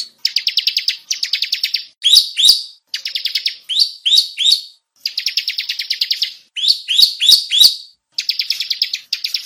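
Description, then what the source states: Bar-winged prinia producing fast buzzy trills alternating with bouncy chirped phrases, repeated in steady bursts throughout. Lure call, used to attract birds.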